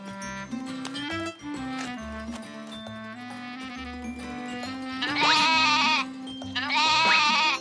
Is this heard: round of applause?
no